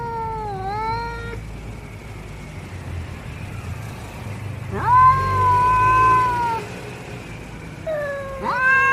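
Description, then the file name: Domestic cat giving a short dipping meow, a pause, a longer level meow, then another call starting as the recording ends. Male cat (tomcat). "tieng meo duc keu"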